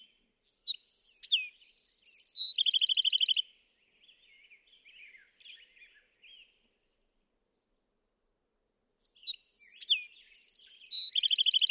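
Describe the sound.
Bewick's wren delivering two songs: sharp whistled notes, then buzzy trilled phrases that drop slightly in pitch; quiet twittering notes fill the gap between songs.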